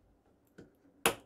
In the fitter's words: and that one's going to click and place it so again line this up